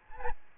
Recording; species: mosquito wingbeat signal from an infrared sensor; Aedes albopictus